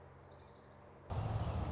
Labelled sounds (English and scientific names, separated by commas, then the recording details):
Orange-crowned Warbler (Leiothlypis celata)
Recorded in Sonoma County, California